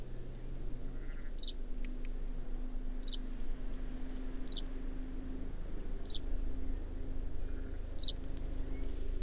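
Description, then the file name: Common chaffinch calling: five sharp, high, downward-sweeping notes at fairly even intervals, over a steady low hum and background noise. "Fringilla coelebs"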